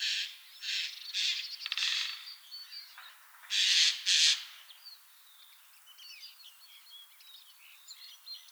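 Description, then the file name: Eurasian jay giving several harsh screeches, then two louder rasping calls, followed by faint high twittering. "Garrulus glandarius"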